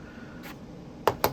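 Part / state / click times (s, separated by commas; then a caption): folding knife into leather slip pouch / seated / 1.1 s, 1.2 s. A folding knife, a Jack Wolf Knives Midnight Jack, is pushed into a leather slip pouch made for another knife (a Sharpshooter). After a quiet stretch with a faint rustle, two sharp snaps at 1.1 s and 1.2 s mark it seating home, with a tight, kydex-like retention fit.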